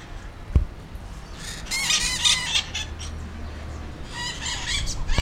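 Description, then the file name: Bird giving a brief cluster of squawky harmonic notes, then a second short call group a few seconds later, with a low hum and a sharp click. "SABIOD 50 bird 2015"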